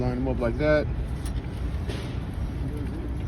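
Someone talks while lining up the holes on the tow bar connection to the towed car, getting ready to fold the metal tow bar latch over the top, with a low steady background hum. The latch has not seated or locked yet.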